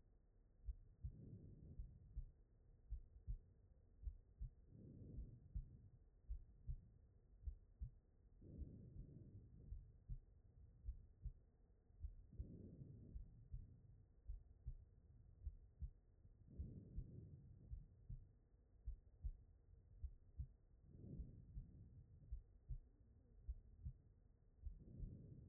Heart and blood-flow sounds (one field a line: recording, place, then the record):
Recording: heart sounds by stethoscope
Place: aortic valve (AV)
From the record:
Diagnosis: HFrEF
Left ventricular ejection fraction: 38%